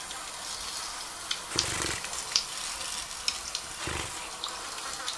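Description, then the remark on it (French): Dragonflies laying eggs on water make a soft, steady patter like light rain, a continuous high hiss dotted with occasional sharper little taps and a couple of brief low thumps. No voices. “Mais ce qu'on entend comme de la pluie, là, c'est la ponte ?”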